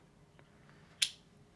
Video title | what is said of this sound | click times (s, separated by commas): How to Install the HC43 Compensator | And you heard it click in. | 1.0 s